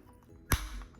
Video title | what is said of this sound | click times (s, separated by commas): How to use an espresso machine | You're gonna want to make sure it makes a click. | 0.5 s